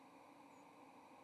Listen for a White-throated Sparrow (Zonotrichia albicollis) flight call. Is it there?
no